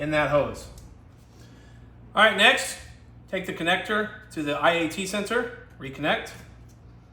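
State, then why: Not seated. A man talks while the wiring harness connector is being handled for reconnection to the intake air temperature sensor on the new plastic intake housing of an AFE Power cold air intake with a 90mm throttle body on a Dodge Challenger Shaker. The clip ends before the connector goes home; nothing has seated or clicked yet.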